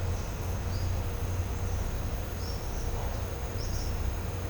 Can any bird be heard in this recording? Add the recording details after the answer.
no. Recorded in pastures near Puerto Asís, Putumayo, Colombia, on 20 December 2024 at 11:30. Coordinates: 0.502, -76.324. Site G077